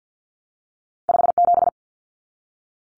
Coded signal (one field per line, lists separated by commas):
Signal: Morse code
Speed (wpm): 50 wpm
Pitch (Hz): 700 Hz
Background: none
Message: 57